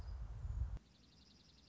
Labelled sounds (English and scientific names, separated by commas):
Dark-eyed Junco (Junco hyemalis)